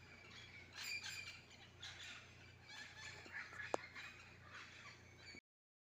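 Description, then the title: Parakeets squawking and chattering softly in a dense group, with a sharp click partway through before the sound cuts off. Wild green parakeets feeding noisily on mangoes in a garden mango tree at 6:15 AM, possibly squabbling, with mangoes falling. "El Canto de los pericos en la mata de Mango"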